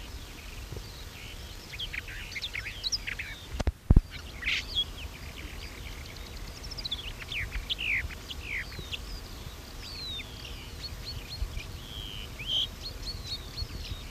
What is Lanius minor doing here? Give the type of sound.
call